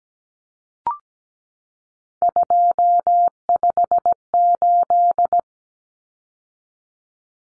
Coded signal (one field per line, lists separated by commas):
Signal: Morse code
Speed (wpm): 17 wpm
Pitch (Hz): 700 Hz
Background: none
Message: 258